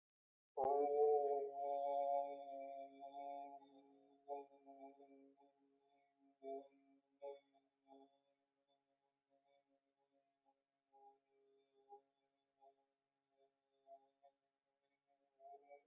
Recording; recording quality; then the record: sustained vowel as in boot; excellent, no background noise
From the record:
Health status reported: healthy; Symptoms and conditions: hypertension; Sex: male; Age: 55 years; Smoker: not ticked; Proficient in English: yes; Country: India